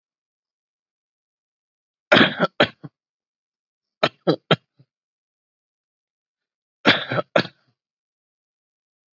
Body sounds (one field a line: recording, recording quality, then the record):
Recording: shallow voluntary cough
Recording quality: excellent, no background noise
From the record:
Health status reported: healthy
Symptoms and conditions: none ticked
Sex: male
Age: 34 years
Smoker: not ticked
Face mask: not worn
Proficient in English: yes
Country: India